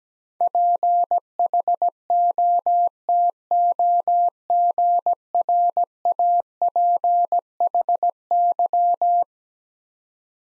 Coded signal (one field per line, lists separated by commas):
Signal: Morse code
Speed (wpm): 17 wpm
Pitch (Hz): 700 Hz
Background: none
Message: PHOTOGRAPHY